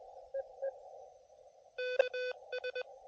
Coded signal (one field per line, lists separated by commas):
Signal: Morse code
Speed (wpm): 22 wpm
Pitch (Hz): 1500 Hz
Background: none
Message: KS